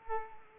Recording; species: mosquito wingbeat signal from an infrared sensor; Culex quinquefasciatus